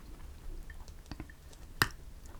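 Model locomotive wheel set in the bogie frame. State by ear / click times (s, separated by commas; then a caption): released / 1.8 s. The other end of a brass wheel set axle on a Heljan Class 33 model locomotive is gently worked out of its plastic bogie bearing, with a few faint small ticks before it. It pops out with a sharp, bright click at 1.8 s, and the wheel set is released from the bogie frame.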